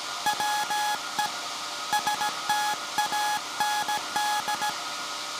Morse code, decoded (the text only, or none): WE STAND